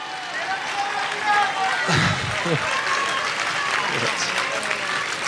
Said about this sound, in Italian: In piazza, tutti questi vostri applausi ovviamente mi tagliano il fiato. Però volevo esserci.